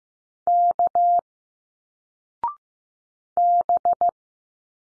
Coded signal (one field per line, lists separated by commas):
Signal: Morse code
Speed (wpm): 15 wpm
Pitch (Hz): 700 Hz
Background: none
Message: K B